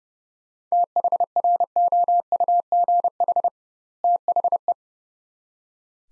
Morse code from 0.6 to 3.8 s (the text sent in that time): THROUGH